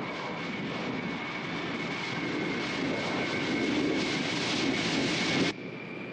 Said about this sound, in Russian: Самолет пролетает над дельтой реки.